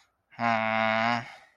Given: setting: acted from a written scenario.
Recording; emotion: vocal sound without words; disappointment